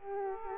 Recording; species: mosquito wingbeat signal from an infrared sensor; Culex quinquefasciatus